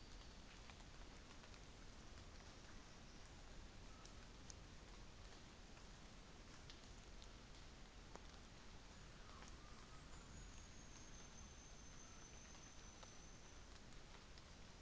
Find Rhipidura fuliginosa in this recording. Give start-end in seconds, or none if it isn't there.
9.72-13.80